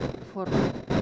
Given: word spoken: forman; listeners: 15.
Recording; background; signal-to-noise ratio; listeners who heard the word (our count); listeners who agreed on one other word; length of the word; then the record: one Spanish word in noise, from a listening test; noise modulated by one talker; -8.4 dB; 0 of 15; 7 of 15; 0.61 s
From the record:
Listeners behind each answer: 7, 1, 1, 1, 1, 1, 1, 1, 1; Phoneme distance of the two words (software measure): 7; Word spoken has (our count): 2 syllables, 6 phonemes, stress on syllable 1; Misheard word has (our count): 2 syllables, 5 phonemes, stress on syllable 1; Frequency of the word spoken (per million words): 50.13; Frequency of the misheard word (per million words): 636.90